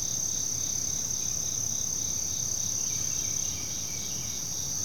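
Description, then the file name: Cricket chorus, a constant shrill buzzing drone with a faint pulsing beneath it, amid low background hiss. Continual chorus of crickets in forest ambience. "kevin boucher nature forest ambience continual chorus crickets other insects birds"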